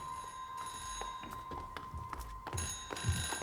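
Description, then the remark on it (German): A telephone standing on a table rings steadily with a bright, continuous metallic tone, while quick knocks and shuffling noises, like hurried footsteps, break in underneath. No one speaks. “Da klingelt ein Telefon.”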